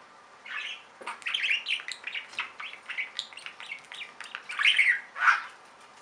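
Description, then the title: Budgerigar chirping and warbling steadily, with buzzy notes and two sharper squawks near the end. "Budgie Sounds"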